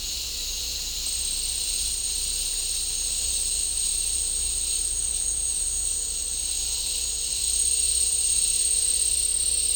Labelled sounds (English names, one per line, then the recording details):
none
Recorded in dense forest near Puerto Asís, Putumayo, Colombia, on 16 December 2024 at 12:00
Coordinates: 0.499, -76.324
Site G045